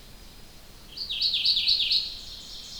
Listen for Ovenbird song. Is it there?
no